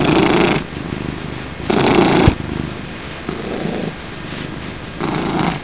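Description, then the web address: Cat purring, a low rumbling vibration swelling and fading in breaths about every second or two, with louder inhaled and exhaled phases. "cats murdock Purr"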